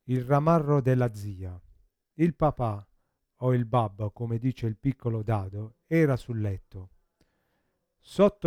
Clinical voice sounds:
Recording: read passage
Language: Italian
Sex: male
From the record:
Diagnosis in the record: Parkinson's disease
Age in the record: 50 years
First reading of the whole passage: 72 s, 7.2 characters per second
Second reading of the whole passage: 54 s, 9.6 characters per second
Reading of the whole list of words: 40 s, 7.1 characters per second

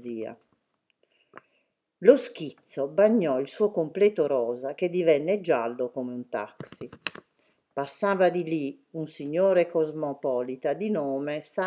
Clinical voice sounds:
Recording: read passage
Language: Italian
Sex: female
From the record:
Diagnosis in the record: healthy control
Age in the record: 69 years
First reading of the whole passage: 64 s, 7.9 characters per second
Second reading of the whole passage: 54 s, 9.5 characters per second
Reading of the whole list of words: 33 s, 8.4 characters per second

